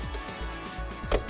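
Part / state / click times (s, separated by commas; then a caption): festoon bulb into map light terminal clamps / seated / 1.1 s. A new 31mm LED festoon bulb is pushed up into the metal locking clamps of a Honda CR-Z map light housing. Faint music plays under a low hum, and the bulb snaps into the clamps with a sharp click at 1.1 s, seating it in place.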